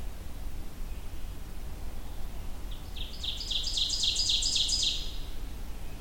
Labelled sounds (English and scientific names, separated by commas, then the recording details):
Ovenbird (Seiurus aurocapilla) song
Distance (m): 20 m
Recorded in boreal forest in Alberta, Canada, on 23 June 2016 at 07:02
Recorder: SongMeter 3, array SBT-6-76
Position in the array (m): 12 m, 98 m
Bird 2